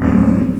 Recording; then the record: squeal of a Yucatan mini pig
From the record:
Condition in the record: after surgery on the right vocal fold (resection and tissue-engineered implant); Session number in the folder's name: 11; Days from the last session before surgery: 98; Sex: female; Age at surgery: 19 weeks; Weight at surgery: 25 kg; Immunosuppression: prednisolone